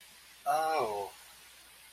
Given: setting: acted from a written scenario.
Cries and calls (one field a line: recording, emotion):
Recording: vocal sound without words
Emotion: sympathy